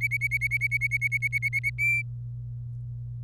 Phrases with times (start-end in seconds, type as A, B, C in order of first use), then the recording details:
0.01-1.70 A, 1.79-2.02 B. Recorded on 26 April 2018 at 12:52. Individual llb3